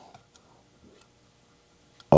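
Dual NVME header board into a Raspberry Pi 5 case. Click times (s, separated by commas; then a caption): 2.1 s. A dual NVMe header board, its black cable folded up and twisted around, is pressed down onto a Raspberry Pi 5 case. A few faint ticks come before a sharp, loud click at 2.1 seconds as the board locks in place.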